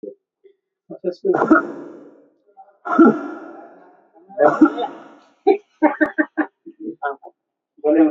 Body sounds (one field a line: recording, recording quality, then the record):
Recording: heavy voluntary cough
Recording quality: moderate, slight background noise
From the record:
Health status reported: healthy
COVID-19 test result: not tested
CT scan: not taken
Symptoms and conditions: none ticked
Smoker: yes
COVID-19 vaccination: both doses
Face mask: worn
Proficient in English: yes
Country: India